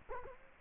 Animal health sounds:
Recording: mosquito wingbeat signal from an infrared sensor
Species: Culex quinquefasciatus

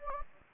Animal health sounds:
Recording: mosquito wingbeat signal from an infrared sensor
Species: Anopheles gambiae

